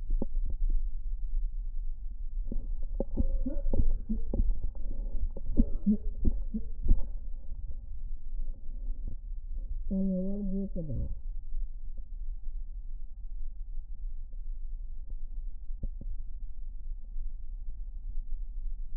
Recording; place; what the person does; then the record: lung sounds by stethoscope; right posterior basal chest; quiet breathing, then cough and speech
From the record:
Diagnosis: asthma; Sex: female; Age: 66 years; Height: 172 cm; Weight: 76 kg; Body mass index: 25.7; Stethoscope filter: diaphragm mode